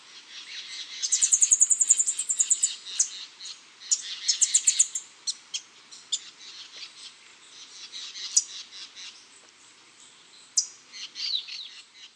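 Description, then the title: Rufous-headed tanager calls: a very high, thin rapid trill of evenly spaced notes, followed by scattered sharp high chips and ticks of varying loudness. Nominate subspecies ruficapilla. "LuckyPassaro Completos2Sama. Rufous-headed Tanager (Hemithraupis ruficapilla ruficapilla)"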